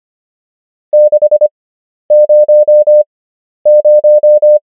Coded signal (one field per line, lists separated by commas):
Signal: Morse code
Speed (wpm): 25 wpm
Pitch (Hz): 600 Hz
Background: none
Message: 600